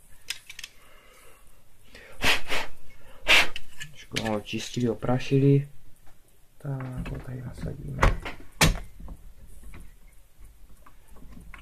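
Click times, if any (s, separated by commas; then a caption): 11.5 s. A freshly cleaned PC cable connector is pushed onto its socket inside a desktop PC case while someone talks, with handling knocks and rustles throughout. The connector clicks into place at 11.5 s with a sharp snap, and it is seated.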